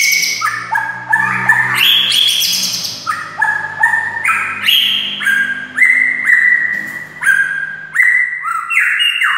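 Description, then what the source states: White-rumped shama song, a rich run of varied whistled phrases stepping up and down, with chattery notes in between, nearly continuous throughout. Wild forest bird.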